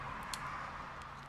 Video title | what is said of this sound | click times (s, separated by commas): WRX Noble RGB Headlight Install | make sure you hear that click | 0.3 s